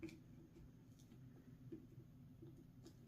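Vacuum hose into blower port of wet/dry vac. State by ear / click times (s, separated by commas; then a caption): not seated / none. A plastic vacuum hose end is pushed into the blower port of a Craftsman 2.5 gallon portable wet/dry vac, with a low steady rumble and a few brief scrapes around 0.0 s and 2.9 s. The hose goes in to a certain spot and stops, and nothing has clicked or seated yet.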